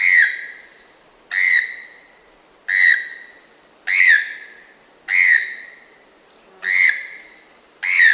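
Choco toucan giving a loud, hoarse yelping note that drops slightly in pitch, repeated steadily about every 1.3 seconds, seven times, over a faint steady hiss.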